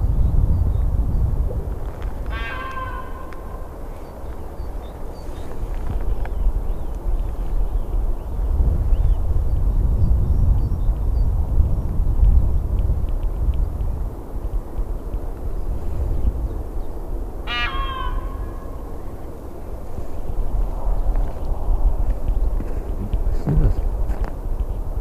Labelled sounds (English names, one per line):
Indian Peafowl call